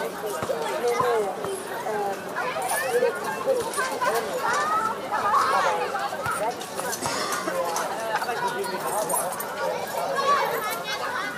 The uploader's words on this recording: Audio Journeys of Berlin: Summer Evening Joy and Child Play. Step into a blissful summer evening in Berlin with this immersive audio journey. Begin at the joyful hum of a children's playground.